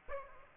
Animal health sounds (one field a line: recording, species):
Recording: mosquito wingbeat signal from an infrared sensor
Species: Aedes aegypti